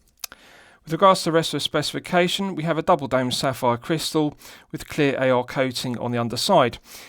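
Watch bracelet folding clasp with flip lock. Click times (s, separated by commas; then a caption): 0.2 s, 0.3 s. The folding clasp of a steel watch bracelet on a Norqain Adventure Neverest is closed, giving a positive click at 0.2 s and a secondary click at 0.3 s as the flip lock snaps shut, securing the clasp. Someone then talks for the rest of the clip.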